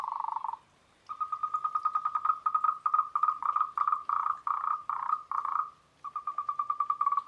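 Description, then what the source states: Moltrecht's green treefrogs calling together, steady streams of fast, knocking pulses broken by two short pauses. Chorus, recorded at Huilay.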